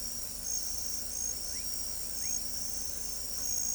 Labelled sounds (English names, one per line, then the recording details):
none
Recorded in pastures near Pivijay, Magdalena, Colombia, on 2 June 2023 at 23:30
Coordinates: 10.456, -74.369
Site P6-G026